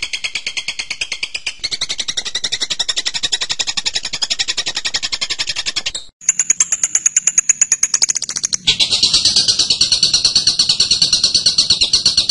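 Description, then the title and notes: Bird song: long rapid pulsed chatter, a brief gap, quick ticking notes, then dense high chirping again. Birdsong training (masteran) recording. "MASTERAN BURUNG. suarane manok"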